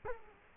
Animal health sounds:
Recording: mosquito wingbeat signal from an infrared sensor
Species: Culex quinquefasciatus

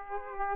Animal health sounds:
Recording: mosquito wingbeat signal from an infrared sensor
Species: Aedes aegypti

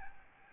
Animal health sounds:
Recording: mosquito wingbeat signal from an infrared sensor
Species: Aedes albopictus

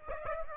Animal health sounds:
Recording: mosquito wingbeat signal from an infrared sensor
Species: Aedes aegypti

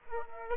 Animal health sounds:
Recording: mosquito wingbeat signal from an infrared sensor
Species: Aedes aegypti

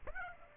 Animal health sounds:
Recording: mosquito wingbeat signal from an infrared sensor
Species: Aedes aegypti

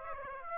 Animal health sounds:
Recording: mosquito wingbeat signal from an infrared sensor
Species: Aedes aegypti

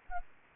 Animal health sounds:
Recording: mosquito wingbeat signal from an infrared sensor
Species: Anopheles arabiensis

